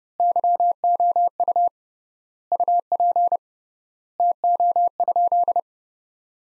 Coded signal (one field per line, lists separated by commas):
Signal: Morse code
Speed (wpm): 30 wpm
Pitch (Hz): 700 Hz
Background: none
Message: YOU UP TO?